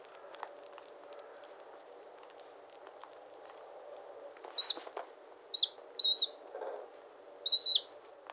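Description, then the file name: Harris's hawk calling: after several quiet seconds, five short, high, strident screeching notes arrive in the second half, two of them in a quick pair, over faint background hiss. Recorded close to the hawk. "Digiffects Sound Effects Library - Close Harris Hawk"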